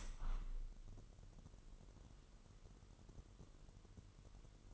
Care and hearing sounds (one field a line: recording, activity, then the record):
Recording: daily activity, microphone in the room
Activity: open window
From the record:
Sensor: 4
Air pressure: 999.0 hPa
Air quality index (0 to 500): 128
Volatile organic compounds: 2 ppm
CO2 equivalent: 1262 ppm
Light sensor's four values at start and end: 8/19/7/8 and 8/19/7/8